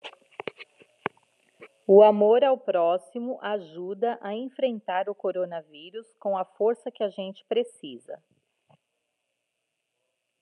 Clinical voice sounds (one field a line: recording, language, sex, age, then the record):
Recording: spoken sentence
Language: Brazilian Portuguese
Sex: female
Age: 40 to 49 years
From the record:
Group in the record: control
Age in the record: 47 years